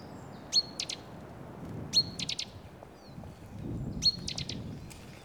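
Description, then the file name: Great tit call: three phrases, each a thin high whistle followed by three or four quick dry, buzzy chur notes, about every two seconds, over low background rumble. "Parus major"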